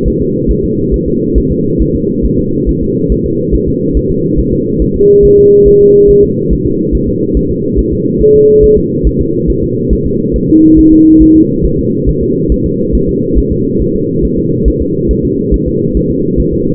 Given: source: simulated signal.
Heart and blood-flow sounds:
fetal heart sounds
0.08 s: S1
0.22 s: S2
0.51 s: S1
0.64 s: S2
0.94 s: S1
1.08 s: S2
1.38 s: S1
1.52 s: S2
1.82 s: S1
1.95 s: S2
2.25 s: S1
2.39 s: S2
2.69 s: S1
2.83 s: S2
3.12 s: S1
3.26 s: S2
3.55 s: S1
3.68 s: S2
3.97 s: S1
4.11 s: S2
4.39 s: S1
4.53 s: S2
4.82 s: S1
4.96 s: S2
5.25 s: S1
5.39 s: S2
5.68 s: S1
5.81 s: S2
6.10 s: S1
6.24 s: S2
6.53 s: S1
6.67 s: S2
6.95 s: S1
7.09 s: S2
7.37 s: S1
7.51 s: S2
7.79 s: S1
7.93 s: S2
8.22 s: S1
8.35 s: S2
8.64 s: S1
8.78 s: S2
9.07 s: S1
9.21 s: S2
9.50 s: S1
9.64 s: S2
9.93 s: S1
10.07 s: S2
10.36 s: S1
10.50 s: S2
10.79 s: S1
10.93 s: S2
11.22 s: S1
11.36 s: S2
11.65 s: S1
11.79 s: S2
12.09 s: S1
12.23 s: S2
12.52 s: S1
12.66 s: S2
12.95 s: S1
13.09 s: S2
13.38 s: S1
13.52 s: S2
13.82 s: S1
13.95 s: S2
14.25 s: S1
14.38 s: S2
14.68 s: S1
14.82 s: S2
15.11 s: S1
15.25 s: S2
15.54 s: S1
15.68 s: S2
15.97 s: S1
16.11 s: S2
16.40 s: S1
16.54 s: S2
From the record:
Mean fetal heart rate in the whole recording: 140 bpm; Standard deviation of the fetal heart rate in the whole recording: 2 bpm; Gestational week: 34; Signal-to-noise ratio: -11.2 dB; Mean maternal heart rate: 72 bpm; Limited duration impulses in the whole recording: present

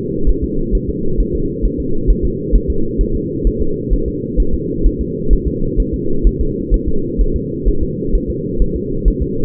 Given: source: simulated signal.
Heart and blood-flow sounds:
fetal heart sounds
0.29 s: S1
0.44 s: S2
0.75 s: S1
0.90 s: S2
1.20 s: S1
1.35 s: S2
1.65 s: S1
1.80 s: S2
2.10 s: S1
2.25 s: S2
2.55 s: S1
2.70 s: S2
3.01 s: S1
3.16 s: S2
3.47 s: S1
3.62 s: S2
3.93 s: S1
4.08 s: S2
4.40 s: S1
4.55 s: S2
4.86 s: S1
5.01 s: S2
5.33 s: S1
5.48 s: S2
5.80 s: S1
5.94 s: S2
6.27 s: S1
6.41 s: S2
6.74 s: S1
6.89 s: S2
7.21 s: S1
7.36 s: S2
7.68 s: S1
7.83 s: S2
8.15 s: S1
8.30 s: S2
8.62 s: S1
8.76 s: S2
9.08 s: S1
9.23 s: S2
From the record:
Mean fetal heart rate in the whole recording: 130 bpm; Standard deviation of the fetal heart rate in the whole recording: 2 bpm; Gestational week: 36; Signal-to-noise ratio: -8.1 dB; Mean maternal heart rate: 72 bpm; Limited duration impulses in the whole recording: absent

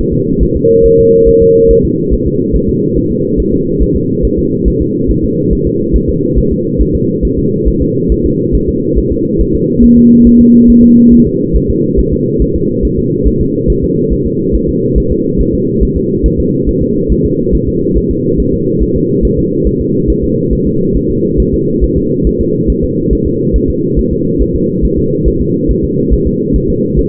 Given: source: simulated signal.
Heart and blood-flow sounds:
fetal heart sounds
0.13 s: S2
0.43 s: S1
0.57 s: S2
0.86 s: S1
1.00 s: S2
1.29 s: S1
1.42 s: S2
1.71 s: S1
1.85 s: S2
2.13 s: S1
2.27 s: S2
2.55 s: S1
2.69 s: S2
2.98 s: S1
3.12 s: S2
3.40 s: S1
3.54 s: S2
3.83 s: S1
3.96 s: S2
4.25 s: S1
4.39 s: S2
4.68 s: S1
4.82 s: S2
5.10 s: S1
5.24 s: S2
5.53 s: S1
5.67 s: S2
5.96 s: S1
6.10 s: S2
6.38 s: S1
6.52 s: S2
6.82 s: S1
6.95 s: S2
7.25 s: S1
7.39 s: S2
7.68 s: S1
7.82 s: S2
8.12 s: S1
8.26 s: S2
8.55 s: S1
8.69 s: S2
8.98 s: S1
9.12 s: S2
9.41 s: S1
9.55 s: S2
9.84 s: S1
9.98 s: S2
10.27 s: S1
10.41 s: S2
10.70 s: S1
10.84 s: S2
11.13 s: S1
11.27 s: S2
11.56 s: S1
11.70 s: S2
11.99 s: S1
12.13 s: S2
12.42 s: S1
12.56 s: S2
12.85 s: S1
12.99 s: S2
13.28 s: S1
13.41 s: S2
13.70 s: S1
13.84 s: S2
14.13 s: S1
14.27 s: S2
14.55 s: S1
14.69 s: S2
14.98 s: S1
15.12 s: S2
15.41 s: S1
15.54 s: S2
15.83 s: S1
15.97 s: S2
16.26 s: S1
16.40 s: S2
16.69 s: S1
16.83 s: S2
17.12 s: S1
17.26 s: S2
17.55 s: S1
17.69 s: S2
17.97 s: S1
18.11 s: S2
18.40 s: S1
18.54 s: S2
18.83 s: S1
18.97 s: S2
19.25 s: S1
19.39 s: S2
19.67 s: S1
19.81 s: S2
20.10 s: S1
20.24 s: S2
20.53 s: S1
20.67 s: S2
20.97 s: S1
21.10 s: S2
21.40 s: S1
21.54 s: S2
21.84 s: S1
21.97 s: S2
22.27 s: S1
22.41 s: S2
22.70 s: S1
22.84 s: S2
23.13 s: S1
23.27 s: S2
23.56 s: S1
23.70 s: S2
23.99 s: S1
24.13 s: S2
24.42 s: S1
24.55 s: S2
24.85 s: S1
24.98 s: S2
25.28 s: S1
25.42 s: S2
25.71 s: S1
25.84 s: S2
26.14 s: S1
26.27 s: S2
26.56 s: S1
26.70 s: S2
26.99 s: S1
From the record:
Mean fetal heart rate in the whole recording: 140 bpm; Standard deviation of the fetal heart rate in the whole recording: 2 bpm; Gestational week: 34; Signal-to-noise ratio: -11.2 dB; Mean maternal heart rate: 72 bpm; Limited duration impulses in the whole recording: present

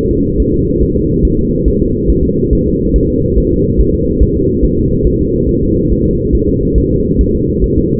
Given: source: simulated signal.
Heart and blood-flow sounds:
fetal heart sounds
0.11 s: S2
0.40 s: S1
0.54 s: S2
0.83 s: S1
0.97 s: S2
1.25 s: S1
1.39 s: S2
1.68 s: S1
1.82 s: S2
2.10 s: S1
2.25 s: S2
2.53 s: S1
2.67 s: S2
2.96 s: S1
3.10 s: S2
3.38 s: S1
3.53 s: S2
3.81 s: S1
3.95 s: S2
4.23 s: S1
4.37 s: S2
4.65 s: S1
4.79 s: S2
5.07 s: S1
5.21 s: S2
5.49 s: S1
5.63 s: S2
5.92 s: S1
6.06 s: S2
6.35 s: S1
6.49 s: S2
6.78 s: S1
6.92 s: S2
7.21 s: S1
7.35 s: S2
7.64 s: S1
7.78 s: S2
From the record:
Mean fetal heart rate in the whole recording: 140 bpm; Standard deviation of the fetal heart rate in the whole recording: 2 bpm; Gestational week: 34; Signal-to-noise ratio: -14.7 dB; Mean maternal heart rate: 72 bpm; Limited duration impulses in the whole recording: present

